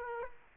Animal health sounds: mosquito wingbeat signal from an infrared sensor; Aedes aegypti

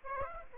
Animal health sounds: mosquito wingbeat signal from an infrared sensor; Aedes aegypti

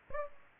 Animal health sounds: mosquito wingbeat signal from an infrared sensor; Aedes aegypti

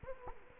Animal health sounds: mosquito wingbeat signal from an infrared sensor; Culex quinquefasciatus

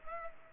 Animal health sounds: mosquito wingbeat signal from an infrared sensor; Culex pipiens

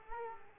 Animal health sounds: mosquito wingbeat signal from an infrared sensor; Culex quinquefasciatus

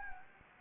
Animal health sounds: mosquito wingbeat signal from an infrared sensor; Anopheles gambiae

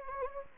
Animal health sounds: mosquito wingbeat signal from an infrared sensor; Anopheles gambiae

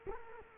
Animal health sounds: mosquito wingbeat signal from an infrared sensor; Culex quinquefasciatus

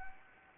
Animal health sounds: mosquito wingbeat signal from an infrared sensor; Anopheles gambiae

